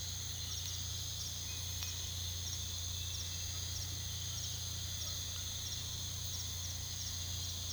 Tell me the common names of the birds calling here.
none